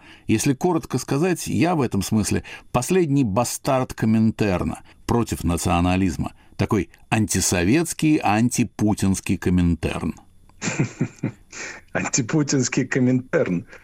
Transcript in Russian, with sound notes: Если коротко сказать, я в этом смысле последний бастард Коминтерна, против национализма. Такой антисоветский, антипутинский Коминтерн.
(Смеются.)
Антипутинский Коминтерн.